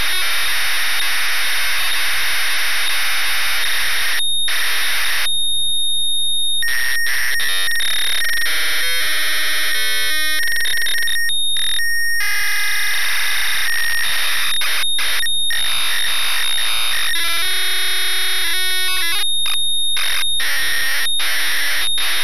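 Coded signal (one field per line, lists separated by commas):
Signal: ZX Spectrum tape loading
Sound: steady pilot tones broken by harsh buzzing data bursts and short silences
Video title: West Bank (1985) ZX Spectrum game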